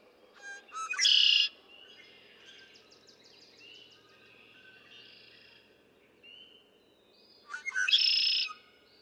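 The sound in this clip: Red-winged blackbird giving two conk-la-ree songs about seven seconds apart, each a few clipped notes then a harsh buzzing trill, with soft background birdsong between.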